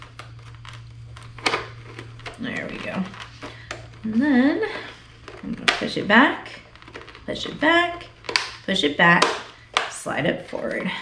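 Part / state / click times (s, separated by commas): helmet inner liner tab into the helmet shell / seated / 5.7 s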